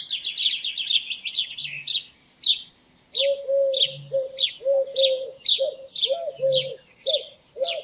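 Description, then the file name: House sparrow chirps, rapid at first, then single sharp notes about twice a second, with lower tonal notes underneath from the third second onward. "Passer domesticus"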